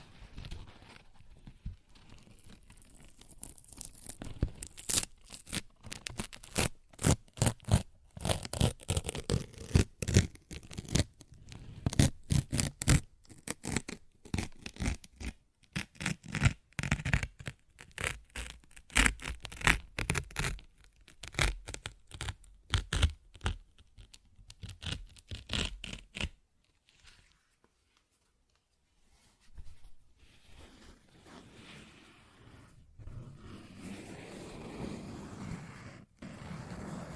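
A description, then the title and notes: Paper is torn in quick, ragged bursts for about twenty-six seconds, then a short silence before softer rustling and crinkling to the end. ASMR Paper Ripping Tearing Sounds (No Talking).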